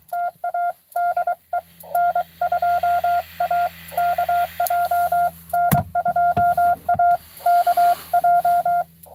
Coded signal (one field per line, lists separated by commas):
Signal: Morse code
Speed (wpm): 22 wpm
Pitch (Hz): 700 Hz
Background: none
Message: TA DE N2AKJ N2AKJ